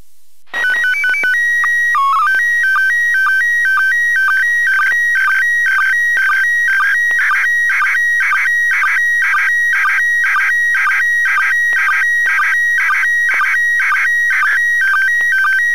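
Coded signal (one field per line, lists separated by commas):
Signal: SSTV (slow-scan television)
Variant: PD 120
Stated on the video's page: SSTV received from the International Space Station on 2m at 145.800 MHz using 2x8-element horizontal and vertical antennas with azimuth rotation only.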